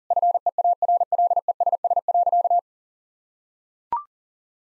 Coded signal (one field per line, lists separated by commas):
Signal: Morse code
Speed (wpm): 37 wpm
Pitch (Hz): 700 Hz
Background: none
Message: FEARLESS.